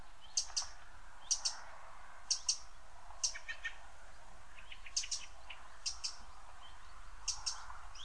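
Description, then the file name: Eurasian wren giving sharp, dry ticking calls, mostly in quick pairs at short intervals, with fainter clicks between and a low steady rumble beneath. "Troglodytes troglodytes"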